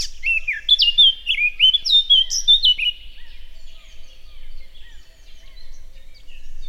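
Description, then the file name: Eurasian blackcap song: a fast burst of loud, fluty, rich whistled phrases over about three seconds, followed by softer, quieter warbling chatter continuing to the end. "Sylvia atricapilla"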